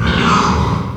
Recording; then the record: squeal of a Yucatan mini pig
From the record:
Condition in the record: after surgery on the right vocal fold (resection and tissue-engineered implant); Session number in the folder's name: 16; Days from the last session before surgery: 183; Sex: female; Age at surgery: 19 weeks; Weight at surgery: 25 kg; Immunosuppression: prednisolone